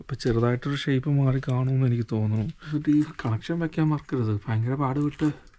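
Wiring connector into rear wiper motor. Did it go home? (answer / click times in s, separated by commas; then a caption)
no / none. The wiring connector for the rear wiper motor on a Hyundai hatchback is being handled and worked toward its socket, a hard-to-fit connection, while someone talks throughout. Faint jangling handling noise sits under the speech. Nothing has seated or clicked yet.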